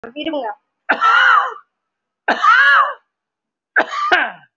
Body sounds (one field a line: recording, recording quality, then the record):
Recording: shallow voluntary cough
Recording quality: moderate, slight background noise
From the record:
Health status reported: recovered from COVID-19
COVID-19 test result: positive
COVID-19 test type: RT-PCR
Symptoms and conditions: cough, cold, breathing difficulty, sore throat, chronic lung disease, pneumonia, another respiratory illness, another condition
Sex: male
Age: 76 years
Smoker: yes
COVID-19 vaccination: one dose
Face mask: worn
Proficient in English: no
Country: India